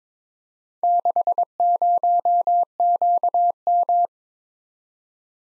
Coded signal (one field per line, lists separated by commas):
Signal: Morse code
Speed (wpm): 22 wpm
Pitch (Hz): 700 Hz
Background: none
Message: 60QM